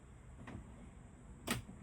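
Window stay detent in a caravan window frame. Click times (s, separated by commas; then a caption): 0.5 s, 1.5 s. A caravan window on a 2025 JB Scorpion Sting Air is pushed further open, and its window stay detent in the frame, which has three opening levels, clicks into the next position. Two short clicks are heard, a softer one at 0.5 s and a louder, sharper one at 1.5 s, over a low steady background. The stay is seated in the next opening level.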